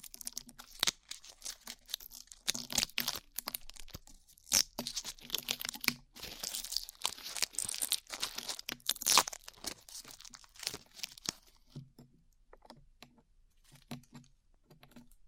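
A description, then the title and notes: Glue being peeled off, heard as dense sticky crackles and small tearing bursts, busiest through the first eleven seconds, then sparser clicks. ASMR Peeling Glue Off Your Ears (No Talking).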